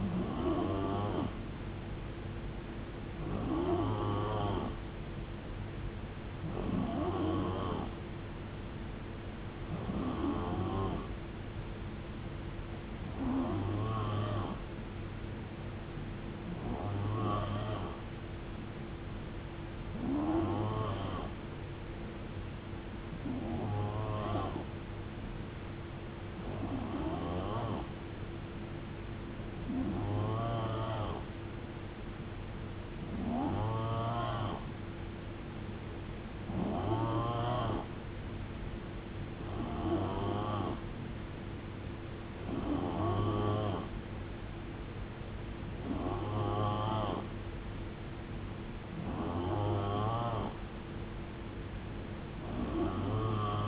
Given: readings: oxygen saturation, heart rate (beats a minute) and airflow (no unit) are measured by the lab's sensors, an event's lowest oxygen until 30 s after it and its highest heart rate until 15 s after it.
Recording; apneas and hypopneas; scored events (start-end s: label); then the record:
breathing in sleep by a voice recorder at the bedside; none
none scored
From the record:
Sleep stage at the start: N3 (deep sleep); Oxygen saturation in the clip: 89 to 91%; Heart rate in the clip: 65 to 75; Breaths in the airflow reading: 16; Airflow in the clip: -7.2 to 4.7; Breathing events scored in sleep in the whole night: 389 in 6.3 hours asleep